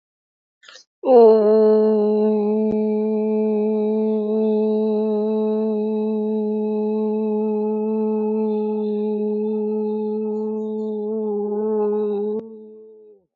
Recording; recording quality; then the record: sustained vowel as in boot; excellent, no background noise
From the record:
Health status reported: healthy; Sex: female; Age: 45 years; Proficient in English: yes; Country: India